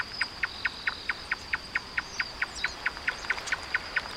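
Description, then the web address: Marsh tapaculo: rapid, regular chip-like notes repeated steadily throughout, backed by a continuous high buzz and occasional faint calls of other birds. "sound Marsh-tapaculo. صدای-پرنده-تپلک-ماندابی"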